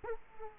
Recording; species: mosquito wingbeat signal from an infrared sensor; Culex quinquefasciatus